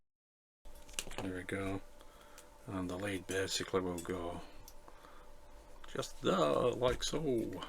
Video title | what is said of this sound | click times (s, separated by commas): IXO Willys MB Jeep build Stages 10 to 14 | Nu moeten we deze kabel op zijn plaats klikken. | 1.0 s